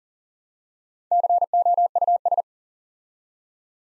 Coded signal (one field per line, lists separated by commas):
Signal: Morse code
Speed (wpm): 44 wpm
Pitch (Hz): 700 Hz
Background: none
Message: COUS